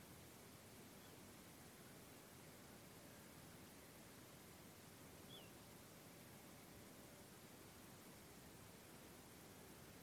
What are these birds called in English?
Little Ringed Plover